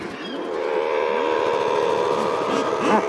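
Common murres growl in low, arched croaks repeated several times a second over a steady colony hum.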